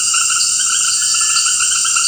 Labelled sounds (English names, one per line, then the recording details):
none
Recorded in dense forest near Puerto Asís, Putumayo, Colombia, on 18 February 2024 at 18:30
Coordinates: 0.472, -76.329
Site G6394